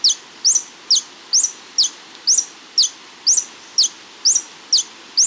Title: LuckyPassaro Completos2Sama. Scale-throated Hermit (Phaethornis eurynome eurynome (ssp asumed from location))